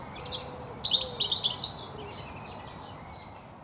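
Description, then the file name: European robin song, a bright, high twittering phrase with quick trilled notes lasting under two seconds, then fading into quiet background. "Erithacus rubecula"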